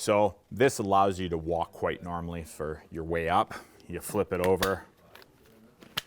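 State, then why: Seated. Someone talks while the walk/ski mode lever on a ski touring boot cuff is flipped over and pushed in, with a few faint clicks as it moves. A sharp click at 6.0 s marks the lever locking into ski mode, holding the cuff at the steeper downhill angle.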